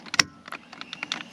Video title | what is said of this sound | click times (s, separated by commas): VW Eos - No Start Problem Solved!! | and then Clicks in place | 0.2 s